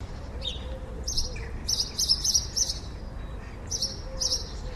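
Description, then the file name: House sparrow chirps, short bright notes in small clusters, with soft low cooing notes running underneath. "Passer domesticus"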